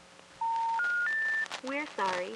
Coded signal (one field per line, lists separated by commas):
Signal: telephone call progress tone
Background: speech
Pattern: special information tone